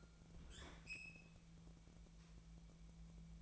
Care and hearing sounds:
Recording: daily activity, microphone in the room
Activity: open fridge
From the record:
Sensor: 1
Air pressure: 1000.0 hPa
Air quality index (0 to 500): 136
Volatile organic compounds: 2 ppm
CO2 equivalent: 1282 ppm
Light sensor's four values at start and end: 34/86/36/44 and 34/85/36/44

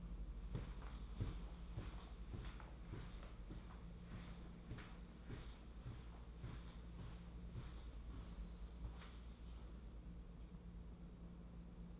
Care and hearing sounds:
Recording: daily activity, microphone in the room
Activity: walk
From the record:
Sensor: 1

